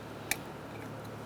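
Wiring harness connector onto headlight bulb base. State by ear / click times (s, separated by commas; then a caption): not seated / none. A wiring harness connector is handled against the plastic base of a new headlight bulb for a 2007-2015 Mazda CX-9, with a single short, sharp tick near 0.3 s over a quiet, steady background. The connector has not yet clicked into place; nothing has seated.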